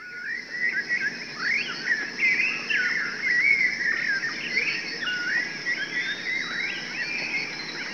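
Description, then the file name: Birds chattering and warbling together, many rising and falling chirps overlapping without pause over steady background noise. "birds 01"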